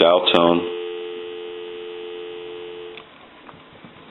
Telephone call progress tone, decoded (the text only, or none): dial tone